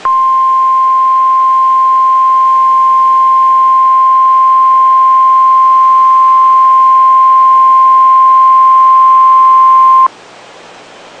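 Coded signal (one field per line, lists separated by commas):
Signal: Emergency Alert System (SAME) tones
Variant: 1050 Hz attention tone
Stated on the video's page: Real Severe Thunderstorm Warning EAS alert received on NOAA Weather Radio.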